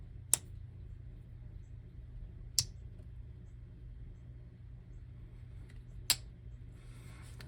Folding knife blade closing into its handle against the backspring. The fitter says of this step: let you hear that snap closed